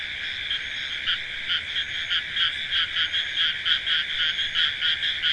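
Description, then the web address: Chorus of frogs with a continuous high-pitched trill and rapid pulsed croaks repeating several times a second throughout. "frogs hq recording"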